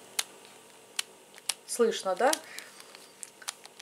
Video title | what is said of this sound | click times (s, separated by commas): ВСЕ БАЛЬЗАМЫ ДЛЯ ГУБ! | обратно вот это вот очень много вот так вот она фиксируется слышно | 0.2 s, 1.0 s, 1.5 s